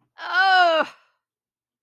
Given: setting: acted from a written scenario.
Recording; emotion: vocal sound without words; shame